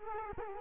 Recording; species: mosquito wingbeat signal from an infrared sensor; Culex quinquefasciatus